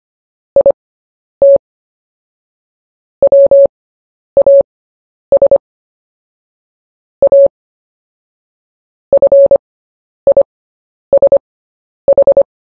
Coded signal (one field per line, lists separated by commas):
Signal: Morse code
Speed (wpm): 25 wpm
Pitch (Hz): 560 Hz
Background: none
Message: IT WAS A FISH